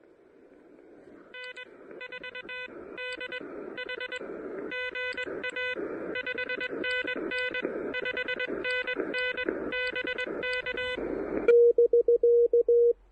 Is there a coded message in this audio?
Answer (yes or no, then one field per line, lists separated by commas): yes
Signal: Morse code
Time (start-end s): 1.3-10.9 s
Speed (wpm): 21 wpm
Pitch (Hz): 1500 Hz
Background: none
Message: N4DH GA 5NN 5NN BK